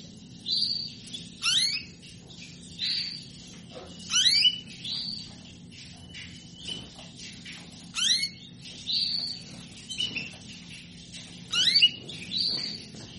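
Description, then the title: Canary song: repeated bright upslurred notes alternating with short buzzy warbles, bursts roughly every second or two, steady low hum in the background. Female canary calling to solicit mating; played to stimulate canaries into singing. "Canto Para Esquentar Canário Belga. Suara burung kenari betina minta kawin"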